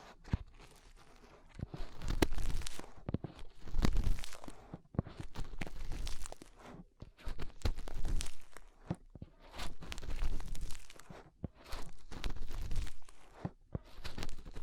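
Fingers work inside the ear, making a rough crackling and rubbing that comes in irregular bursts every second or two. The scraping swells and fades, with sharp clicks and crunchy pops scattered through it and brief quiet gaps between strokes.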